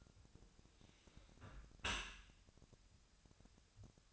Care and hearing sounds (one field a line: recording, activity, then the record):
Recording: daily activity, microphone in the room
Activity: close dishwasher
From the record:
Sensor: 2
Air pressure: 1006.6 hPa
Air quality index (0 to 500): 201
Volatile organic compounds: 14 ppm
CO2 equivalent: 2463 ppm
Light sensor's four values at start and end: 9/22/9/9 and 9/22/9/9